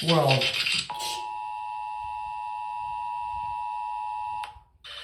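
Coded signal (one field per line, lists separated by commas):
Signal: Emergency Alert System (SAME) tones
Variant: 853 and 960 Hz attention tone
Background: speech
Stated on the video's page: Fictional EAS scenario, not a real alert.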